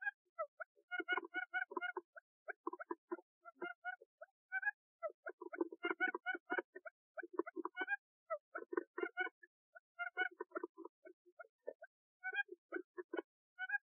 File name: นกคุ้มอืด